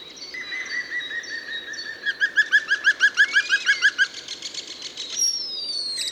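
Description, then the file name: Common starling singing: a long steady whistle, then a fast series of regular clicking rattles, ending with a thin high descending whistle. Landshut, 2 March 2014. "Star 02 03 2014 Landshut LA Michle Pron"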